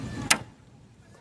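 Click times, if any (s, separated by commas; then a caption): 0.3 s. A folding footpeg on the frame mount of an Evader EV50-MX3 (Metro) 72-volt electric motorcycle is folded down into its riding position. After a low rumble, a sharp, bright click sounds at 0.3 s, followed by near silence. The footpeg clicks into place and is seated.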